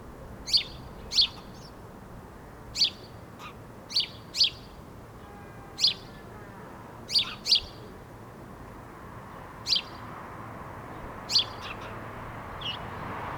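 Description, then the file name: House sparrow calling with single sharp chirps, sometimes paired, spaced irregularly one to two seconds apart against a quiet steady hiss. "Passer domesticus"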